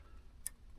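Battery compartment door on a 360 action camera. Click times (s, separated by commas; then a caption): 0.5 s. The lock on the battery and SD card door of an AKASO 360 action camera is slid shut after the door is closed. A single sharp, bright click is heard at 0.5 s over a low background rumble. The door, which showed red and would not latch before locking, is now locked and done.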